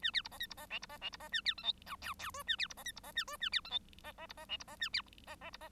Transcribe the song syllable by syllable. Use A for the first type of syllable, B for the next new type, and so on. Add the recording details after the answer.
A B C D E C D F C D F C D A B G H I J J K A B C D E C D A K A B G H D D C D F C D A B D D C D. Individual Bird1